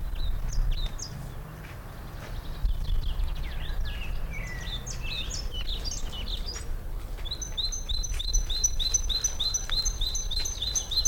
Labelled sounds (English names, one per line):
Great Tit call